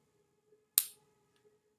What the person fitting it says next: you hear that click now